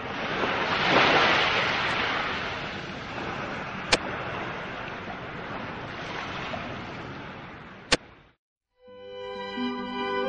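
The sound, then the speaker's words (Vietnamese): A huge, loud, roaring ocean wave surges up and crashes over a dragon boat in a broad rush of noise, swelling early then churning on, with two sharp clicks before it cuts off and soft music begins. “Bỗng từ đâu có một ngọn sóng khổng lồ tràn lên, nuốt chửng thuyền rồng.”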